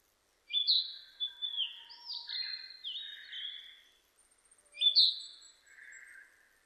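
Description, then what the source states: Narcissus flycatcher song, loud clear whistled phrases with rich varied notes, pausing briefly before another whistle. Recorded 25 April 2006.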